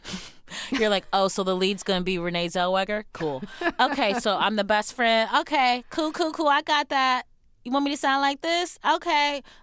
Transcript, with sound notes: You're like, oh, so the lead's going to be Renee Zellweger? Cool.
(Laughter).
OK. So I'm the best friend? OK. Cool, cool, cool. I got that. You want me to sound like this?